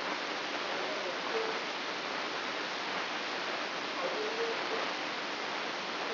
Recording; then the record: brain microelectrode recording played as sound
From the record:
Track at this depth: outside the subthalamic nucleus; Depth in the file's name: 6.661 mm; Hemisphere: left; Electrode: 3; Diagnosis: Parkinson's disease